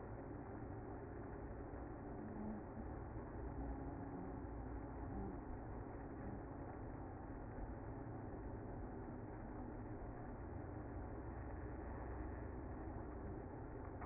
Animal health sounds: honeybee colony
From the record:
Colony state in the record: active

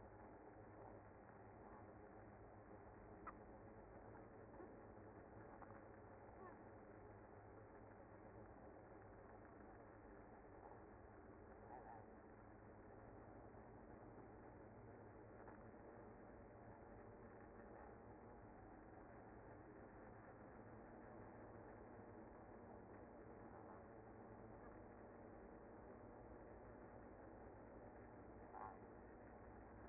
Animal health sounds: honeybee colony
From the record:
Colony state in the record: active

